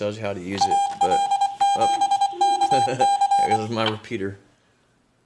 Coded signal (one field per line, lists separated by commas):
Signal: Morse code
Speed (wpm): 24 wpm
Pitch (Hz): 800 Hz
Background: speech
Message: AL7KC